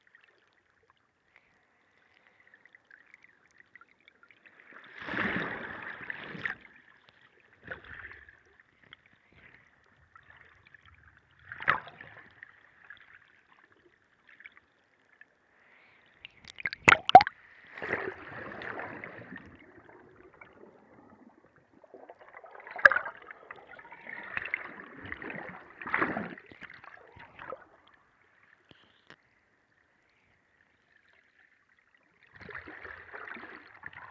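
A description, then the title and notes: Underwater sound of the ocean off a coast, mostly quiet with scattered bursts of crackling, bubbling noise around 5, 12, 17–19 and 23–27 seconds. A sharp clack near 17 seconds stands out, and a faint steady mid-pitched hum runs underneath throughout. California Coast. We went to the beach today and I got a chance to do something I’ve wanted to do for a while, recording the ocean with the hydrophone.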